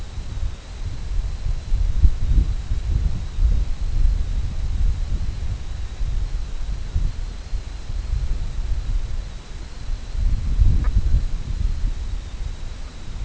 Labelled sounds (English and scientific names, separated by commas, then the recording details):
Brent Goose (Branta bernicla)
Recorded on Arctic tundra, site CORI-1, on 21 June 2018
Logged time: 00:00